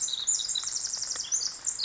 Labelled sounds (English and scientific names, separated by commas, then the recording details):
Pacific Wren (Troglodytes pacificus)
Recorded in Sonoma County, California